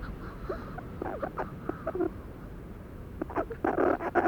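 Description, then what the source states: Manx shearwater calls, starting as scattered soft croaking notes and building into louder, harsh gasping bursts near the end. Recorded in 2007.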